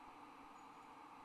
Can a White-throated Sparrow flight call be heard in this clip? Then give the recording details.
no. No flight call is heard. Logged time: 01:20 on 30 November 2014